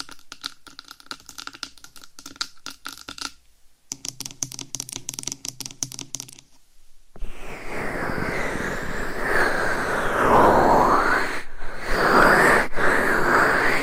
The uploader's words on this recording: ASMR Binaural 3Dio Mic Scratching , Massage & Tapping Hypnotic Asmr No Talking.